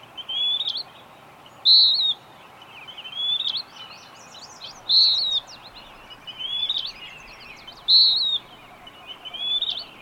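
Bird repeating a clear whistled, downslurred phrase alternating with quieter rising warbles, over a steady hiss.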